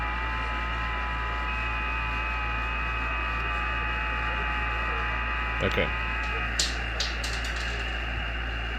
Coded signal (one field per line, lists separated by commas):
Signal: FT8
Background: speech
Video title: Ft8 qrp at home be like....